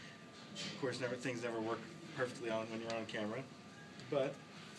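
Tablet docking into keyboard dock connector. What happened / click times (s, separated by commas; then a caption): Handled, not yet seated: no docking click yet / none. A Dell XPS 10 tablet is handled over the docking connector of its keyboard dock after a first try that did not work, while someone talks throughout. Nothing has seated or clicked yet.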